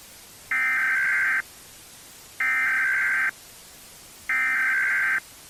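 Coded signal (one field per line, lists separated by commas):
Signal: Emergency Alert System (SAME) tones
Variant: header bursts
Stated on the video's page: Fictional EAS recreation.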